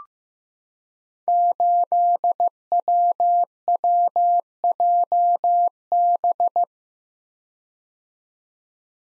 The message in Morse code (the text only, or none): 8WWJB